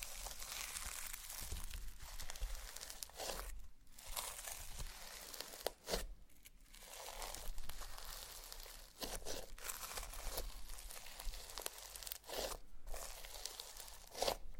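Slime being squished and pulled, a dense, continuous crackling and crinkling with brief gaps near 4, 6 and 12 seconds, and sharp pops.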